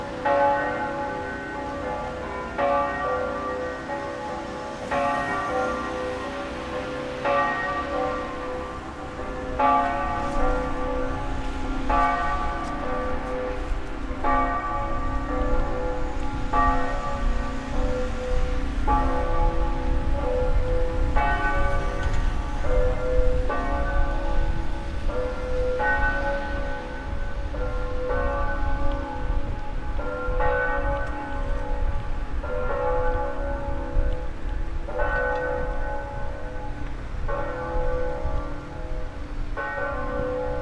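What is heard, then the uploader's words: Church bells ring for Christmas Eve mass, struck in steady overlapping peals every couple of seconds over a constant low rumble of wind and traffic. Christmas Eve mass bells, Padova. Mass bells heard at 7pm on Christmas Eve 2022 from multiple cathedrals at the same time in Padova, Italy.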